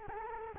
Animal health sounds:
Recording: mosquito wingbeat signal from an infrared sensor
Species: Culex quinquefasciatus

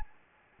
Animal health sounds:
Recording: mosquito wingbeat signal from an infrared sensor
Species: Anopheles gambiae

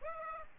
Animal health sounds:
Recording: mosquito wingbeat signal from an infrared sensor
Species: Aedes aegypti

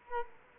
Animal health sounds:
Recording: mosquito wingbeat signal from an infrared sensor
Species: Culex quinquefasciatus

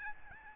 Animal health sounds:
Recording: mosquito wingbeat signal from an infrared sensor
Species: Aedes albopictus

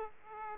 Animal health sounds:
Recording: mosquito wingbeat signal from an infrared sensor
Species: Aedes aegypti

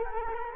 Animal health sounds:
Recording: mosquito wingbeat signal from an infrared sensor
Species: Culex quinquefasciatus

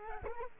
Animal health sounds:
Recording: mosquito wingbeat signal from an infrared sensor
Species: Culex quinquefasciatus

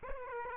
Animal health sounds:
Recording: mosquito wingbeat signal from an infrared sensor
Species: Aedes aegypti

